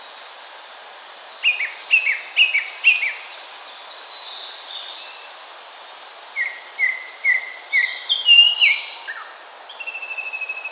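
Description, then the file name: Japanese thrush singing: short bursts of clear whistled, slurred notes repeated in quick runs, two phrases separated by a pause, over a soft steady hiss. "Turdus cardis"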